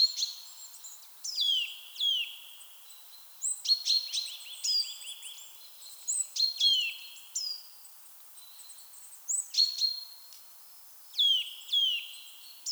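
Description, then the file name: Eurasian nuthatch calls: clear whistled notes sliding downward, given singly and in quick runs. "Sitta europaea"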